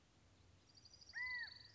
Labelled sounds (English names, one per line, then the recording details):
California Quail
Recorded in Sonoma County, California